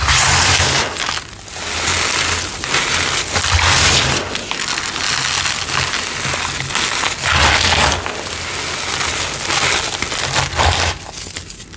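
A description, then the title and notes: Cornstarch and dyed gym chalk are crushed and crumbled, giving a dense, continuous gritty crunching with bright crackle throughout. The squeezes come in uneven waves, with brief pauses near one, four and eight seconds, over a low steady hum. BLUE Citric Acid Dyed Chalk Series. Crispy, crunchy, flaky, gritty cornstarch crunchies and dyed gym chalk crumbling ASMR.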